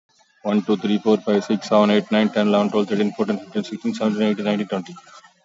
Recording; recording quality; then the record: counting at a fast pace; excellent, no background noise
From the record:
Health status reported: COVID-19 positive, mild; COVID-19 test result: positive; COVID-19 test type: RT-PCR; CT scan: taken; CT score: 5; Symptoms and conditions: fever, fatigue, muscle pain, hypertension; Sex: male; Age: 42 years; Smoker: yes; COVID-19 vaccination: one dose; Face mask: worn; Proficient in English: yes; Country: India